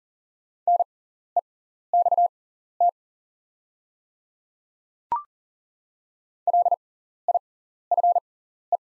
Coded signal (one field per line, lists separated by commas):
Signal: Morse code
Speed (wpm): 40 wpm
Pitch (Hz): 700 Hz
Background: none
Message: NEXT LIFE